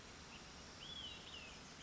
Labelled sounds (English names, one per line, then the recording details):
Olive-sided Flycatcher
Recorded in Sonoma County, California